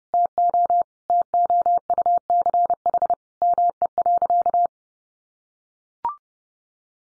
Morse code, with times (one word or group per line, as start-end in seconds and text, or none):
0.1-0.8 TO
1.1-3.1 TOUCH
3.4-4.7 ME.